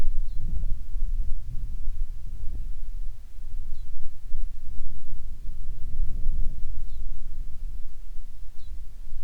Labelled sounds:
songbird, wind
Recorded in the Prudhoe Bay oil fields, Alaska, on 10 July 2019 at 09:34
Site 11

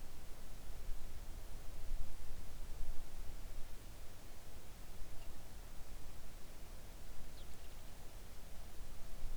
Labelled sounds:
near silence
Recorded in the Arctic National Wildlife Refuge, Alaska, on 3 August 2019 at 05:30
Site 41

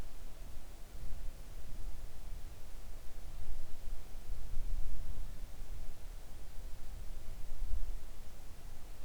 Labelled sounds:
near silence
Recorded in the Arctic National Wildlife Refuge, Alaska, on 3 August 2019 at 05:19
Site 41

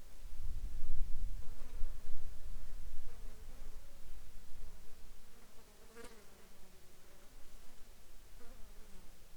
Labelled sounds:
insects
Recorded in the Arctic National Wildlife Refuge, Alaska, on 10 July 2021 at 12:51
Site 43

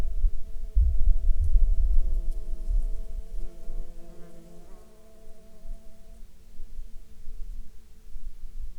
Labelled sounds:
insects
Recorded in Ivvavik National Park, Yukon, on 26 June 2019 at 15:53
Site SINP09

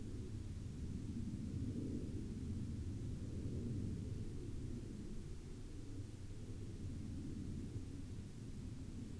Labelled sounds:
aircraft
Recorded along the Dempster Highway, Canada, on 26 November 2019 at 04:04
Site 20

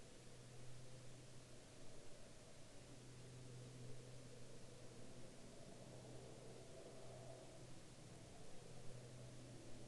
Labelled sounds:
man-made sound
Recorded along the Dempster Highway, Canada, on 6 April 2019 at 16:33
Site 19

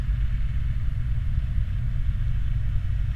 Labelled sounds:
vehicle
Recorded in the Prudhoe Bay oil fields, Alaska, on 29 July 2019 at 01:05
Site 29

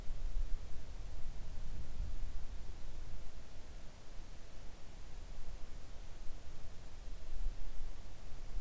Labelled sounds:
near silence
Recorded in the Arctic National Wildlife Refuge, Alaska, on 3 August 2019 at 05:39
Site 41

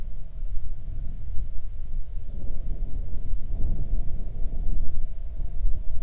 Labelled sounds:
wind
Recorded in the Prudhoe Bay oil fields, Alaska, on 31 July 2019 at 07:40
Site 24

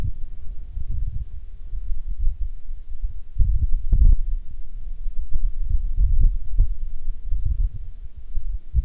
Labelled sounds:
wind, insects
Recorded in Ivvavik National Park, Yukon, on 27 June 2019 at 14:22
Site SINP09

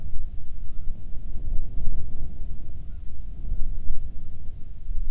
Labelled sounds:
bird, wind
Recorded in the Prudhoe Bay oil fields, Alaska, on 7 August 2019 at 14:13
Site 17

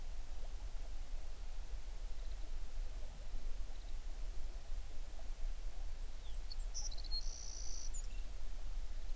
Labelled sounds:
songbird
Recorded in the Prudhoe Bay oil fields, Alaska, on 11 June 2019 at 05:34
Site 21

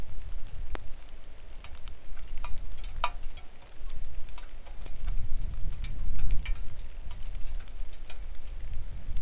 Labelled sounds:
wind, rain
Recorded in the Arctic National Wildlife Refuge, Alaska, on 3 August 2019 at 09:48
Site 41

